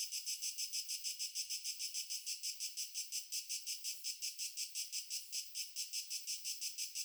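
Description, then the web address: Cricket giving quick high chirps in a fast pulse, slightly uneven in rhythm. Nature ambience with crickets. "Stefano Cremona - Pure Nature Ambiences Crickets"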